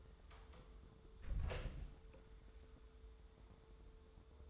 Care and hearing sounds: daily activity, microphone in the room; close door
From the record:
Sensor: 3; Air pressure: 1015.1 hPa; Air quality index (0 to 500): 109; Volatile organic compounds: 3 ppm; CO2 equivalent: 1514 ppm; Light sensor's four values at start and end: 15/39/16/17 and 15/39/16/17

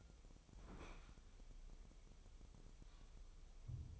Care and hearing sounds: daily activity, microphone in the room; open fridge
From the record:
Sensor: 1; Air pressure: 988.4 hPa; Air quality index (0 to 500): 200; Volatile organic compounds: 1000 ppm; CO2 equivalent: 5337 ppm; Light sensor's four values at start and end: 28/103/39/40 and 28/103/39/40

